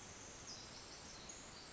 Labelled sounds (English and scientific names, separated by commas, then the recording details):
Pacific Wren (Troglodytes pacificus)
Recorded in Sonoma County, California